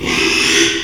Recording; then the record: squeal of a Yucatan mini pig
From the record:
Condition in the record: after surgery on the right vocal fold (resection and tissue-engineered implant); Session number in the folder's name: 1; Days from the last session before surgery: 6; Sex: male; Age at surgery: 12 weeks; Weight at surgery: 13 kg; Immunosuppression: cyclosporine, prednisolone